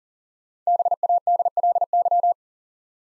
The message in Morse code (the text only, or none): BADLY